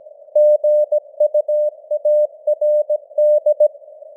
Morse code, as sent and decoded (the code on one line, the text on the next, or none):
--. ..- .- .-. -..
GUARD